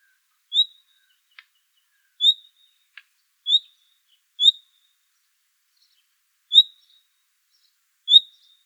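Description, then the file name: Common nightingale uttering clear upward-slurred whistle notes at uneven intervals, six in total, with a couple of soft ticking clicks in between. "Luscinia megarhynchos"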